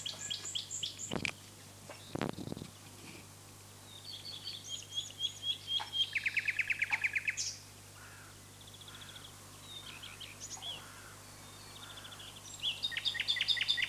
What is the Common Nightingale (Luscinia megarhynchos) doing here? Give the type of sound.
song